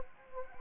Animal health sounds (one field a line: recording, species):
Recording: mosquito wingbeat signal from an infrared sensor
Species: Anopheles gambiae